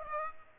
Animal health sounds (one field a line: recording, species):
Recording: mosquito wingbeat signal from an infrared sensor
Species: Aedes aegypti